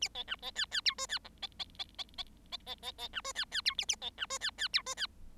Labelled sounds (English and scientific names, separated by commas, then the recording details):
Bengalese Finch (Lonchura striata domestica) song
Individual Bird7